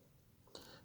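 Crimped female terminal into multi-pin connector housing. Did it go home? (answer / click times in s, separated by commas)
yes / 0.5 s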